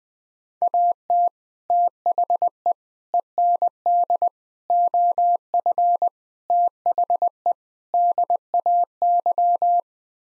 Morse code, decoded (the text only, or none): AT THE END OF THE DAY